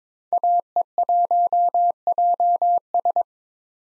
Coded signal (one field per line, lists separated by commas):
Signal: Morse code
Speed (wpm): 22 wpm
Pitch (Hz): 700 Hz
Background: none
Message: AE1JS